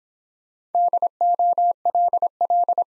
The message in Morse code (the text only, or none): DOLL